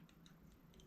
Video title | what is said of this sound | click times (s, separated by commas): MUST-HAVE Diamond Press Friendship Sentiments! - Easy Handmade Card Ideas for Beginners HD 1080p | kind of clicks you can hear it click | 0.3 s